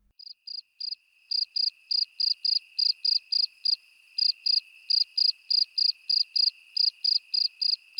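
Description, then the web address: Cricket chirping: high, short pulsed chirps starting slowly, then repeating steadily about three to four times a second over a constant faint ringing tone. "sons grillon"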